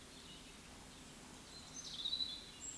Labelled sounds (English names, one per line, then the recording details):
Eurasian Woodcock whistle
Eurasian Woodcock croak
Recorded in Baden-Württemberg, Germany, on 16 June 2021 at 20:00 UTC
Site 18672, 474 m above sea level